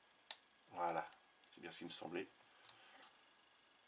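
A badly fitted plastic part of a Porsche 918 Spyder scale car model kit is pressed a little harder into the model body and snaps home with one sharp click at 0.3 s, seating properly. Someone then talks, and a fainter tick follows at about 2.7 s. The part had not been fitted properly before.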